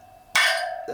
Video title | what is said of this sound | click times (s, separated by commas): How to Replace Wheel Bearings on a KTM Dirt Bike – Easy DIY Guide | we are, and hear it pop in. | 0.4 s